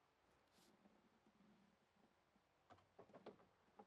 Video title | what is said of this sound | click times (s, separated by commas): Base Cabinet 3 Drawer | Slide that back in till it clicks, okay? | 3.3 s